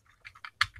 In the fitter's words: not like wicking and very well oh maybe it did click yeah there you go